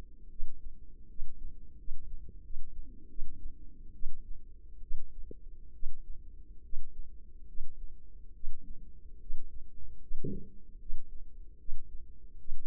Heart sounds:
heart sounds by microphone in the left ear; 74 bpm
0.27 s: heartbeat
1.05 s: heartbeat
1.75 s: heartbeat
2.40 s: heartbeat
3.06 s: heartbeat
3.92 s: heartbeat
4.79 s: heartbeat
5.71 s: heartbeat
6.60 s: heartbeat
7.44 s: heartbeat
8.31 s: heartbeat
9.17 s: heartbeat
9.98 s: heartbeat
10.76 s: heartbeat
11.56 s: heartbeat
12.35 s: heartbeat
From the record:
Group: healthy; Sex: female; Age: 24 years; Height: 163 cm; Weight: 55.7 kg

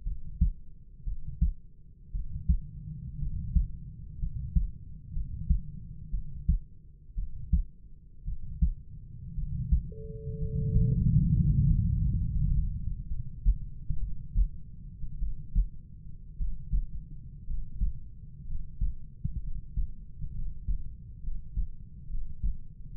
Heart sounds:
heart sounds by stethoscope; 60 bpm
0.04 s: heartbeat
1.05 s: heartbeat
2.12 s: heartbeat
3.19 s: heartbeat
4.20 s: heartbeat
5.13 s: heartbeat
6.11 s: heartbeat
7.15 s: heartbeat
8.25 s: heartbeat
9.35 s: heartbeat
10.39 s: heartbeat
11.33 s: heartbeat
12.21 s: heartbeat
13.08 s: heartbeat
13.99 s: heartbeat
15.19 s: heartbeat
16.37 s: heartbeat
17.46 s: heartbeat
18.46 s: heartbeat
19.42 s: heartbeat
20.33 s: heartbeat
21.22 s: heartbeat
22.08 s: heartbeat
22.95 s: heartbeat
From the record:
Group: healthy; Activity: rest 0-11 s, Valsalva maneuver 11-23 s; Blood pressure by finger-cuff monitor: 101/48 mmHg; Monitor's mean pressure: 62 mmHg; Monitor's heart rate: 62 bpm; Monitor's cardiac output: 5.6 L/min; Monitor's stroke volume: 92 mL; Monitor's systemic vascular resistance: 790 dyn s/cm5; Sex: male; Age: 25 years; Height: 170 cm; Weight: 70.4 kg

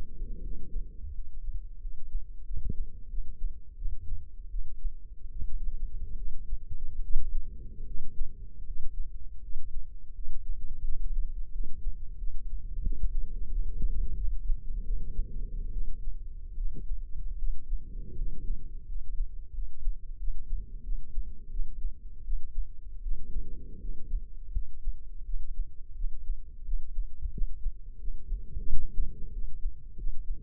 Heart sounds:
heart sounds by microphone in the left ear; 83 bpm
0.41 s: heartbeat
1.13 s: heartbeat
1.80 s: heartbeat
2.44 s: heartbeat
3.08 s: heartbeat
3.76 s: heartbeat
4.49 s: heartbeat
5.30 s: heartbeat
6.15 s: heartbeat
7.00 s: heartbeat
7.85 s: heartbeat
8.64 s: heartbeat
9.40 s: heartbeat
10.13 s: heartbeat
10.83 s: heartbeat
11.51 s: heartbeat
12.17 s: heartbeat
12.82 s: heartbeat
13.49 s: heartbeat
14.16 s: heartbeat
14.84 s: heartbeat
15.71 s: heartbeat
16.55 s: heartbeat
17.37 s: heartbeat
18.16 s: heartbeat
18.86 s: heartbeat
19.52 s: heartbeat
20.18 s: heartbeat
20.82 s: heartbeat
21.49 s: heartbeat
22.23 s: heartbeat
23.01 s: heartbeat
23.79 s: heartbeat
24.52 s: heartbeat
25.24 s: heartbeat
25.94 s: heartbeat
26.63 s: heartbeat
27.31 s: heartbeat
27.98 s: heartbeat
28.65 s: heartbeat
29.31 s: heartbeat
29.96 s: heartbeat
From the record:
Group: healthy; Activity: cold pressor test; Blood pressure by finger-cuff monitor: 121/88 mmHg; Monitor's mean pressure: 102 mmHg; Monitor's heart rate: 85 bpm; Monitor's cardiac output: 5.7 L/min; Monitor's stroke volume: 70 mL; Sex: male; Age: 35 years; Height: 178 cm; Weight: 64 kg

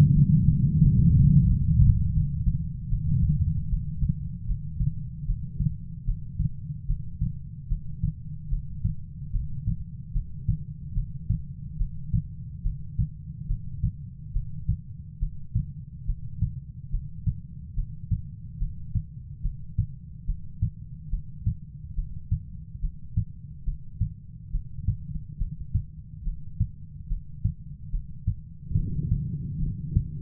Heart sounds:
heart sounds by stethoscope; 73 bpm
0.13 s: heartbeat
0.80 s: heartbeat
1.47 s: heartbeat
2.14 s: heartbeat
2.89 s: heartbeat
3.69 s: heartbeat
4.46 s: heartbeat
5.26 s: heartbeat
6.05 s: heartbeat
6.86 s: heartbeat
7.68 s: heartbeat
8.49 s: heartbeat
9.31 s: heartbeat
10.13 s: heartbeat
10.94 s: heartbeat
11.77 s: heartbeat
12.62 s: heartbeat
13.47 s: heartbeat
14.32 s: heartbeat
15.19 s: heartbeat
16.06 s: heartbeat
16.91 s: heartbeat
17.75 s: heartbeat
18.58 s: heartbeat
19.42 s: heartbeat
20.26 s: heartbeat
21.10 s: heartbeat
21.95 s: heartbeat
22.80 s: heartbeat
23.64 s: heartbeat
24.51 s: heartbeat
25.38 s: heartbeat
26.24 s: heartbeat
27.08 s: heartbeat
27.91 s: heartbeat
28.75 s: heartbeat
29.60 s: heartbeat
From the record:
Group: healthy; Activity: breath hold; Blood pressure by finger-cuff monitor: 111/63 mmHg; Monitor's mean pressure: 88 mmHg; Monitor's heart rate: 72 bpm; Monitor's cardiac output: 7.4 L/min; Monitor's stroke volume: 103 mL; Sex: female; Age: 22 years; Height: 161 cm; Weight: 65.5 kg

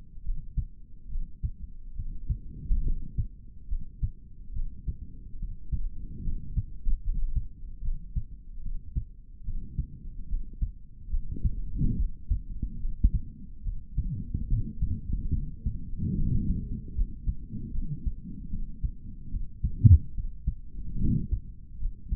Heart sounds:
heart sounds by stethoscope; 72 bpm
0.23 s: heartbeat
1.08 s: heartbeat
1.95 s: heartbeat
2.83 s: heartbeat
3.68 s: heartbeat
4.53 s: heartbeat
5.37 s: heartbeat
6.22 s: heartbeat
7.02 s: heartbeat
7.81 s: heartbeat
8.61 s: heartbeat
9.44 s: heartbeat
10.27 s: heartbeat
11.10 s: heartbeat
11.96 s: heartbeat
12.78 s: heartbeat
13.62 s: heartbeat
14.47 s: heartbeat
15.31 s: heartbeat
16.15 s: heartbeat
16.94 s: heartbeat
17.71 s: heartbeat
18.49 s: heartbeat
19.29 s: heartbeat
20.13 s: heartbeat
20.97 s: heartbeat
21.78 s: heartbeat
From the record:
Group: healthy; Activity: rest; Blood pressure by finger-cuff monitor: 79/49 mmHg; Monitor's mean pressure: 60 mmHg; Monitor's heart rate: 72 bpm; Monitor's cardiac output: 4 L/min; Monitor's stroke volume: 56 mL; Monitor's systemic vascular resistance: 1050 dyn s/cm5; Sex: male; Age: 55 years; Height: 167 cm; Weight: 57.2 kg

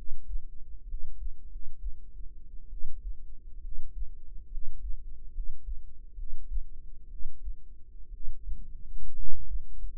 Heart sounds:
heart sounds by microphone in the right ear; 68 bpm
0.84 s: heartbeat
1.46 s: heartbeat
2.67 s: heartbeat
3.59 s: heartbeat
4.47 s: heartbeat
5.30 s: heartbeat
6.14 s: heartbeat
7.06 s: heartbeat
8.08 s: heartbeat
9.13 s: heartbeat
9.72 s: heartbeat
From the record:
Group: healthy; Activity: rest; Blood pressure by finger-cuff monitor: 105/69 mmHg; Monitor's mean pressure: 78 mmHg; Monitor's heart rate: 65 bpm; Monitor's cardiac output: 5.4 L/min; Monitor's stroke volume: 83 mL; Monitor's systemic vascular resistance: 1060 dyn s/cm5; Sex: female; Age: 22 years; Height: 171 cm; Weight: 65.6 kg

